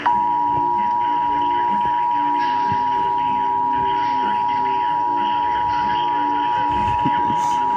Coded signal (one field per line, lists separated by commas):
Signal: Emergency Alert System (SAME) tones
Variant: 853 and 960 Hz attention tone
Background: speech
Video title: Severe Thunderstorm Warning EAS #67